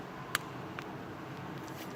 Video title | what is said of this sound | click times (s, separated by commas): Spark plugs | if you heard that, that's your click. That's all you get. | 0.3 s